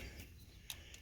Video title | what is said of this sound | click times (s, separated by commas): 2008 Ram Driver Seat Repair - Part 3 - Reinstallation | so you know it's locked in | 0.7 s